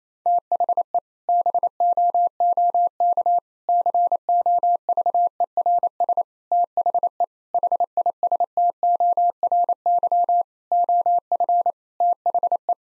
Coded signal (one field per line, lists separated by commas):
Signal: Morse code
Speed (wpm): 28 wpm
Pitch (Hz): 700 Hz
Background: none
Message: THE BOOK COVERS THE HISTORY OF THE